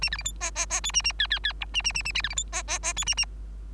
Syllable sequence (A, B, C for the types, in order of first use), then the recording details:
A B C D E E E F A A G G G H A A A A B C D E E E F A A. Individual Bird3